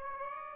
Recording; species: mosquito wingbeat signal from an infrared sensor; Aedes aegypti